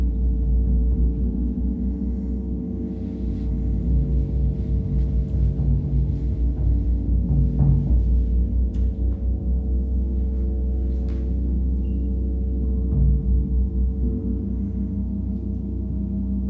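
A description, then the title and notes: Deep gongs wash in slow, overlapping waves, a low rumbling hum that never stops across the whole stretch. Brief bright shimmers and light metallic strikes flicker above it every few seconds, with a slight swell in loudness around the middle. Gong Bath. Gongs, bells, chimes and symbols. Steve Gong runs classes for groups in a church hall in Ainsdale Merseyside.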